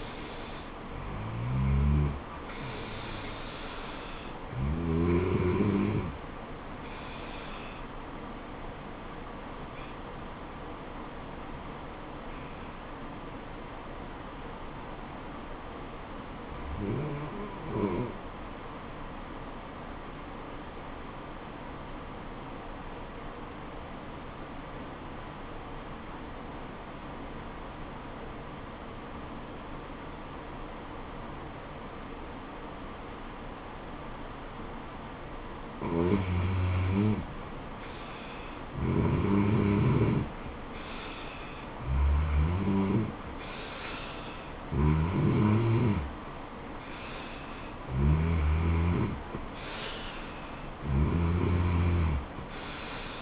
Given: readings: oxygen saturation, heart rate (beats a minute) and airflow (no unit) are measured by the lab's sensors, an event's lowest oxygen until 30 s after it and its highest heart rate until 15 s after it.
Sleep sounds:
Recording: breathing in sleep by a voice recorder at the bedside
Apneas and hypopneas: 1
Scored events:
11.00-37.50 s: obstructive apnea (REM, oxygen 97% highest, then 86% lowest, heart rate 77 at the start, 81 highest)
From the record:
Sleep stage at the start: REM sleep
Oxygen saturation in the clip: 85 to 97%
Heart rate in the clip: 70 to 83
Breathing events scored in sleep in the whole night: 426 in 7.4 hours asleep

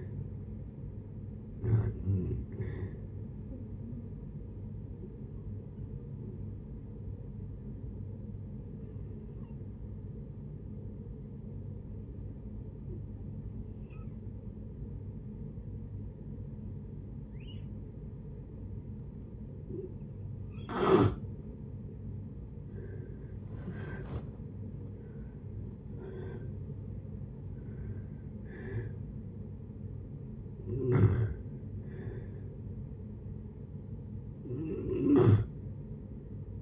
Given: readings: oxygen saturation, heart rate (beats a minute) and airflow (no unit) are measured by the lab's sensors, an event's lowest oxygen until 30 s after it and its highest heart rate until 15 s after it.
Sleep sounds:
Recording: breathing in sleep by a smartphone at the bedside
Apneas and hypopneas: 1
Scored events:
5.00-22.30 s: hypopnea (N2, oxygen 96% highest, then 87% lowest, heart rate 71 at the start, 71 highest)
From the record:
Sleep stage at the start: N2 (light sleep)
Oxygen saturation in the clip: 84 to 96%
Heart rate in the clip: 62 to 80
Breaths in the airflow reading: 6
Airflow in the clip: -8.1 to 8.9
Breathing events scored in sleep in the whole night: 496 in 5.4 hours asleep

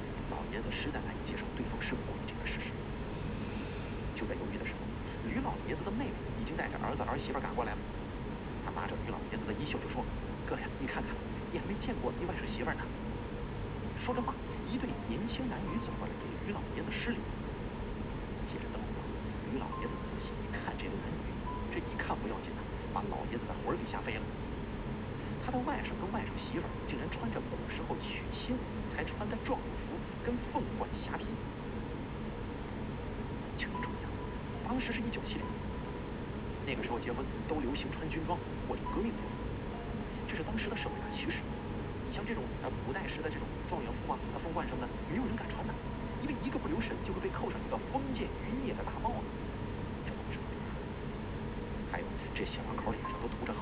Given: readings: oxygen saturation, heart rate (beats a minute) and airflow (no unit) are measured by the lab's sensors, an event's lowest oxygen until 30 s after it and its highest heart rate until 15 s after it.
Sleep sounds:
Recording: breathing in sleep by a voice recorder at the bedside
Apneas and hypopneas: 1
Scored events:
22.00-34.90 s: hypopnea (N1, oxygen 94% highest, then 94% lowest)
From the record:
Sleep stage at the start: N1 (lightest sleep)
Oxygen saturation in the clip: 94 to 95%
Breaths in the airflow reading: 18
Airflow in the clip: -1.7 to 3.3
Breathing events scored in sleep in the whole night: 335 in 6.7 hours asleep

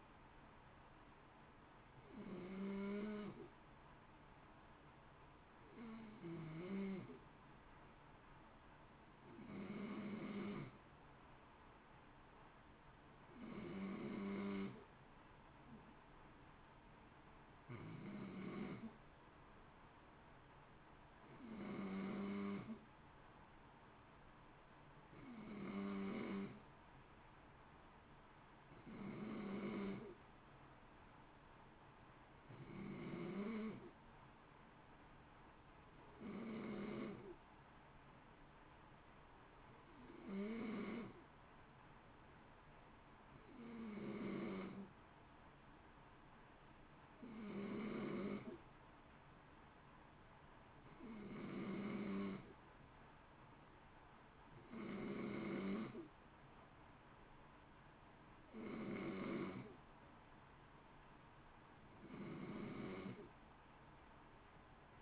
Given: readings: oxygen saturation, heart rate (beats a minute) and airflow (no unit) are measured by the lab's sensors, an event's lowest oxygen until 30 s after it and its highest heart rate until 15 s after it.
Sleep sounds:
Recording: breathing in sleep by a voice recorder at the bedside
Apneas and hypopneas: none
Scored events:
none scored
From the record:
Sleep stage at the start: N2 (light sleep)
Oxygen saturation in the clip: 91 to 92%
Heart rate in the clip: 55 to 58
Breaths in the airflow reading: 20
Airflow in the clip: -0.8 to 0.7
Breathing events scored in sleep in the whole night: 328 in 6.3 hours asleep

